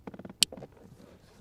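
During a remote engine starter install on a 2019-2021 Kia Seltos with key ignition (MyKey Premium), the wider plastic harness connector is pushed into its mating connector. A few soft, low taps and rattles lead to one sharp, bright click at 0.4 s, followed by quieter low handling noise. The connector is seated.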